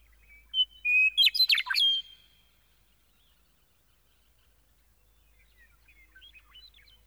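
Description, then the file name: Meadowlark singing one phrase: a brief pure whistle opening into a rapid tumbling burst of liquid notes, then quiet, with faint thin chirps later and low rumble underneath. "Gordon Hempton - Meadowlark"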